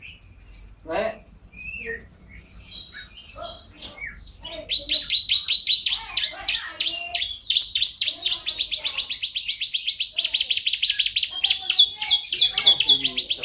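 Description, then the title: Bird song, varied and rapid: scattered chirps give way to long, dense, high-pitched trills with shifting pitch, delivered continuously. "KICAU BURUNG"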